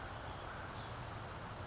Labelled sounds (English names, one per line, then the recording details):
California Towhee
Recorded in Sonoma County, California